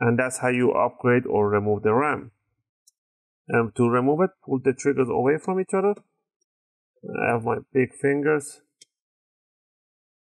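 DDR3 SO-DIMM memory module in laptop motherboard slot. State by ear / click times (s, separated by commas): released / 8.8 s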